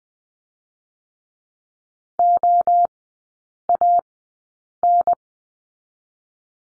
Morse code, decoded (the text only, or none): O A N